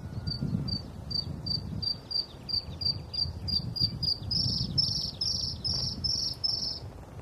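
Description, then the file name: Bluethroat song, an even run of high ringing notes, then fuller, stronger notes, over a low background rumble. "blauwborst"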